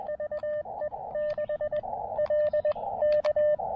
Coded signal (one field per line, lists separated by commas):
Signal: Morse code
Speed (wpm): 21 wpm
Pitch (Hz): 600 Hz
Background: radio noise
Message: VE6LK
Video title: SOTA on Hibriten Mountain: Quick hike, pack test, and QRP summit fun!